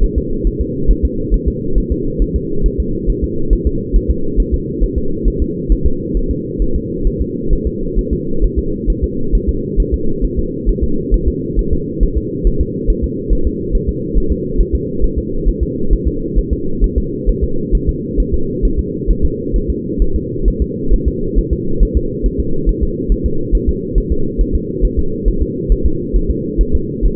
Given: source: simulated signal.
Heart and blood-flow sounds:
fetal heart sounds
0.04 s: S1
0.18 s: S2
0.47 s: S1
0.61 s: S2
0.91 s: S1
1.05 s: S2
1.34 s: S1
1.48 s: S2
1.78 s: S1
1.92 s: S2
2.22 s: S1
2.36 s: S2
2.66 s: S1
2.80 s: S2
3.10 s: S1
3.24 s: S2
3.53 s: S1
3.67 s: S2
3.96 s: S1
4.11 s: S2
4.40 s: S1
4.54 s: S2
4.84 s: S1
4.98 s: S2
5.28 s: S1
5.42 s: S2
5.72 s: S1
5.86 s: S2
6.17 s: S1
6.31 s: S2
6.62 s: S1
6.76 s: S2
7.07 s: S1
7.21 s: S2
7.53 s: S1
7.67 s: S2
7.99 s: S1
8.13 s: S2
8.45 s: S1
8.59 s: S2
8.90 s: S1
9.04 s: S2
9.35 s: S1
9.49 s: S2
9.80 s: S1
9.94 s: S2
10.25 s: S1
10.39 s: S2
10.69 s: S1
10.83 s: S2
11.14 s: S1
11.28 s: S2
11.59 s: S1
11.73 s: S2
12.03 s: S1
12.18 s: S2
12.47 s: S1
12.61 s: S2
12.90 s: S1
13.04 s: S2
13.33 s: S1
13.47 s: S2
13.75 s: S1
13.89 s: S2
14.18 s: S1
14.32 s: S2
14.61 s: S1
14.75 s: S2
15.04 s: S1
15.18 s: S2
15.48 s: S1
15.63 s: S2
15.93 s: S1
16.07 s: S2
16.39 s: S1
16.53 s: S2
16.84 s: S1
16.98 s: S2
17.29 s: S1
17.43 s: S2
17.75 s: S1
17.89 s: S2
18.20 s: S1
18.34 s: S2
18.65 s: S1
18.79 s: S2
19.11 s: S1
19.25 s: S2
19.56 s: S1
19.70 s: S2
20.02 s: S1
20.16 s: S2
20.48 s: S1
20.62 s: S2
20.94 s: S1
21.08 s: S2
21.39 s: S1
21.53 s: S2
21.83 s: S1
21.97 s: S2
22.26 s: S1
22.40 s: S2
22.69 s: S1
22.83 s: S2
23.12 s: S1
23.26 s: S2
23.55 s: S1
23.69 s: S2
23.98 s: S1
24.12 s: S2
24.41 s: S1
24.55 s: S2
24.85 s: S1
24.99 s: S2
25.28 s: S1
25.42 s: S2
25.72 s: S1
25.86 s: S2
26.16 s: S1
26.30 s: S2
26.61 s: S1
26.75 s: S2
27.06 s: S1
From the record:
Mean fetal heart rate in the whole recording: 135 bpm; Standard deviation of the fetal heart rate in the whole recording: 3 bpm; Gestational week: 36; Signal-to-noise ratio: -8.1 dB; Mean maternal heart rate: 72 bpm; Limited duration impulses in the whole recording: absent

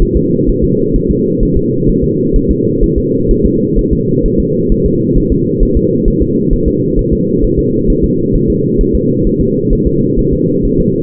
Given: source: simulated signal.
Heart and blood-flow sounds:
fetal heart sounds
0.02 s: S1
0.17 s: S2
0.49 s: S1
0.64 s: S2
0.96 s: S1
1.11 s: S2
1.43 s: S1
1.57 s: S2
1.89 s: S1
2.04 s: S2
2.36 s: S1
2.51 s: S2
2.83 s: S1
2.98 s: S2
3.31 s: S1
3.45 s: S2
3.79 s: S1
3.93 s: S2
4.26 s: S1
4.40 s: S2
4.72 s: S1
4.86 s: S2
5.18 s: S1
5.32 s: S2
5.63 s: S1
5.77 s: S2
6.08 s: S1
6.22 s: S2
6.53 s: S1
6.68 s: S2
6.99 s: S1
7.13 s: S2
7.44 s: S1
7.59 s: S2
7.90 s: S1
8.04 s: S2
8.36 s: S1
8.50 s: S2
8.81 s: S1
8.95 s: S2
9.27 s: S1
9.41 s: S2
9.73 s: S1
9.87 s: S2
10.19 s: S1
10.33 s: S2
10.65 s: S1
10.80 s: S2
From the record:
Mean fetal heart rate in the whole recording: 130 bpm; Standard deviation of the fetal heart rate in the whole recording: 4 bpm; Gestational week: 38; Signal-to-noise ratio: -11.2 dB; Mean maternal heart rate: 72 bpm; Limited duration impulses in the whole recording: present

